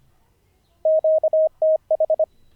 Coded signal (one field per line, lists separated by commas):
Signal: Morse code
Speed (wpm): 25 wpm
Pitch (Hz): 630 Hz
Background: radio noise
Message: QTH